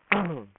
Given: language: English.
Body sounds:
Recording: throat vibration sensor signal played as sound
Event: throat clearing

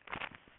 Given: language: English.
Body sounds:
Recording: throat vibration sensor signal played as sound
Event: swallow

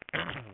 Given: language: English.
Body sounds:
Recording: throat vibration sensor signal played as sound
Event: throat clearing

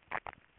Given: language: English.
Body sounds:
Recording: throat vibration sensor signal played as sound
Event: swallow

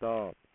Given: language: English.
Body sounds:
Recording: throat vibration sensor signal played as sound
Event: speech

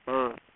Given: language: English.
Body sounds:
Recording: throat vibration sensor signal played as sound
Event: speech

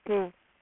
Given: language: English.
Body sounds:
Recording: throat vibration sensor signal played as sound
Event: speech

